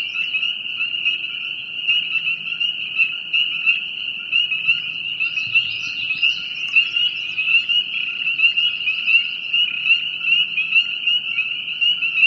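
Many frogs calling together in a continuous shrill trilling hum, with a short warbling chirp rising above it midway.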